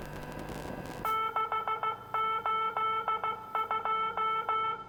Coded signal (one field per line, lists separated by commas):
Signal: Morse code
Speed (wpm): 14 wpm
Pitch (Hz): 1320 Hz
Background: music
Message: 682